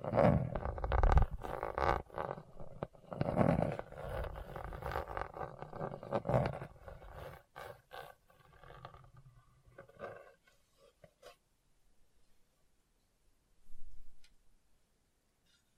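Hard, bumpy scratching across a rough surface, dense and loud for the first six seconds with rapid uneven strokes. It thins into lighter, scattered scrapes that fade out after about eleven seconds, followed by near silence and one brief low rub around fourteen seconds.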